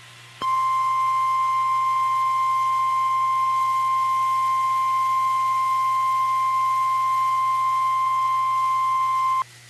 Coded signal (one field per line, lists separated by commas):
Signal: Emergency Alert System (SAME) tones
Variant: 1050 Hz attention tone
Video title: WTF BLACKSBURG || EAS #13-14